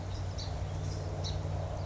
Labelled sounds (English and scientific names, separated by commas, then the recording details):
Song Sparrow (Melospiza melodia)
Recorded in Sonoma County, California